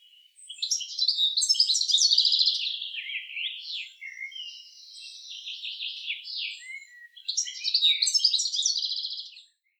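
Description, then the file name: European Goldfinch twittering song, fast liquid trills and buzzy chirps in a long run, a quieter rambling stretch in the middle, then another bright tinkling burst. "Carduelis carduelis"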